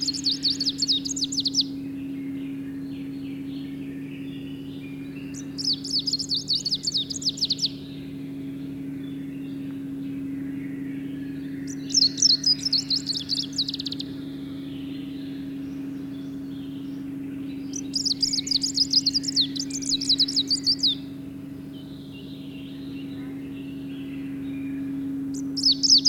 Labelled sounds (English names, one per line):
Greenish Warbler song